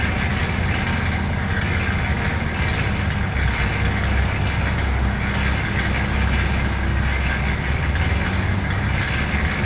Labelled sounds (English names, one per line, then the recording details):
none
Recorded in pastures near Puerto Asís, Putumayo, Colombia, on 20 December 2024 at 14:30
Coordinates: 0.466, -76.322
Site G040